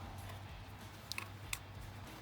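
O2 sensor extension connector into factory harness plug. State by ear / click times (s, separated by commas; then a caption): not seated / none. A plastic O2 sensor extension connector is handled at the factory harness plug during a Corsa long tube header and connection pipe install on a Dodge Charger. Short, sharp plastic ticks sound at about 1.1, 1.2 and 1.5 seconds over a low background hum. The connector has not seated or clicked in yet.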